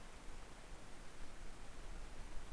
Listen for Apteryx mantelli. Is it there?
no